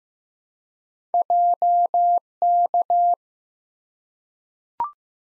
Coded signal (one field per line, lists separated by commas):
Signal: Morse code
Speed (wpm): 15 wpm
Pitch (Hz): 700 Hz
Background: none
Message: JK